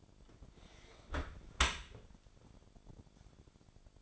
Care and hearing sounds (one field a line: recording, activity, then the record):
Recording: daily activity, microphone in the room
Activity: close dishwasher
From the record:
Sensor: 5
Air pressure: 1006.9 hPa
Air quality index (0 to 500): 182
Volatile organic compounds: 5 ppm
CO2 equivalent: 1735 ppm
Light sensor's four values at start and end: 54/150/59/59 and 53/148/58/58